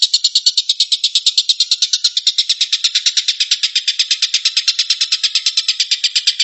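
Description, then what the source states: Stork-billed kingfisher rapid call: a long, even rattle of harsh, high notes, steady throughout. Rapid call style known locally as tembakan, meaning shooting.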